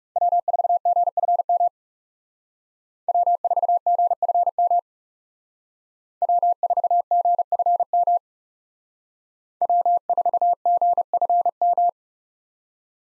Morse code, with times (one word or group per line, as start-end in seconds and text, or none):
0.2-1.7 W4GFM
3.1-4.8 W4GFM
6.2-8.2 W4GFM
9.6-11.9 W4GFM